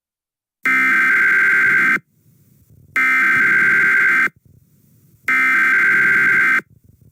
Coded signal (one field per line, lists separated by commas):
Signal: Emergency Alert System (SAME) tones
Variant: header bursts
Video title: EAS Scenario: Was it worth it? (Read Desc)